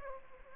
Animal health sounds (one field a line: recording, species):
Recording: mosquito wingbeat signal from an infrared sensor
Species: Aedes aegypti